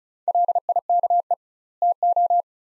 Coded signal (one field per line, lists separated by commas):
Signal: Morse code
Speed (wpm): 36 wpm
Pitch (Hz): 700 Hz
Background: none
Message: LIKE TO